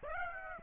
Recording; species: mosquito wingbeat signal from an infrared sensor; Aedes aegypti